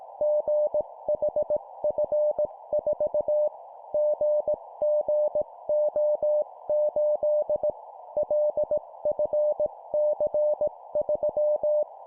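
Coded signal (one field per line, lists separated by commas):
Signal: Morse code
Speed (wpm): 18 wpm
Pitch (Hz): 600 Hz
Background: none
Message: GHF4 GGO8 LFC3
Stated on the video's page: 17 wpm Morse course drill of four-character groups: three letters and a number.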